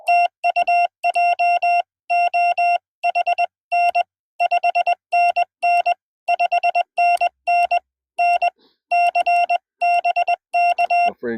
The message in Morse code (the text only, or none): TU JOHN 5NN 5NN NC BK